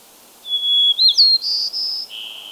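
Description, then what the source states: White-crowned sparrow singing one phrase: a long steady whistle that slides upward into higher buzzy notes, finishing with a lower buzzy trill. Subspecies gambelii.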